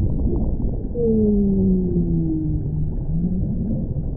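Whale calls: long, smooth, slowly falling tonal moans, overlapping at two pitches, against a steady low rumbling background.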